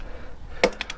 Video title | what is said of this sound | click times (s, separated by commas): How to Remove and Install FRONT and REAR Motorcycle Wheel | 1 click, 2 clicks. | 0.6 s, 0.8 s